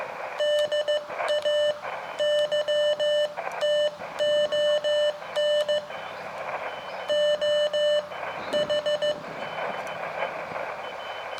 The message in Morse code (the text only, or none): DAYTON OH